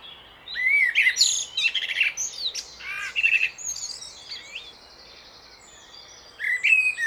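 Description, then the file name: Common blackbird singing a fluty, warbling phrase ending in squeaky twitters, then a quieter gap with faint high notes before another whistled phrase begins. "Turdus merula"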